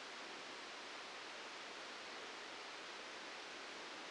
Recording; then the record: brain microelectrode recording played as sound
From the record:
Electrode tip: outside the subthalamic nucleus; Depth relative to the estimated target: -4 mm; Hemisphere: left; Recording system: NeuroSet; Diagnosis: Parkinson's disease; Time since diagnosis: 13 years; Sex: male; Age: 63 years